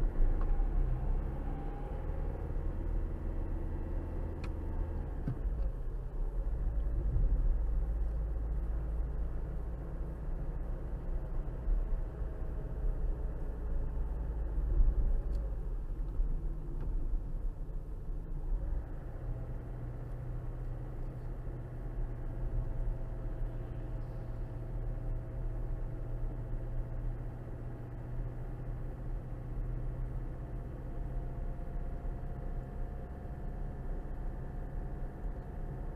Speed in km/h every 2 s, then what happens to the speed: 27, 37, 39, 39, 39, 40, 42, 39, 34, 29, 29, 27, 27, 27, 29, 29, 31, 31.
0-3 speeds up to 39. 3-11 steady at about 39. 11-18 slows to 29. 18-36 steady at about 29.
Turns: none.